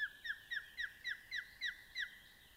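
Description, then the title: Osprey calling: eight clear, downward-sliding whistled notes, evenly spaced in quick succession, over a soft hiss. "Sääksi"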